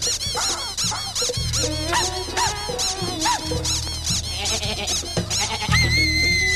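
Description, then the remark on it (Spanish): A person imitates a wild sheep, letting out several wavering, quivering bleats in a row over steady background music with a stepping bass line. “Un borrego salvaje.”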